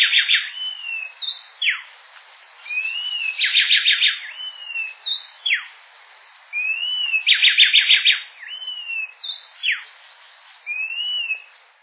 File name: garrinchao coraia